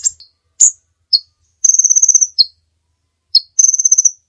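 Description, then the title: Bird giving shrill, clipped chirps followed by two longer rapid trills, each one a quick string of high notes. Master recording used for training songbirds. "Master Burung Jos"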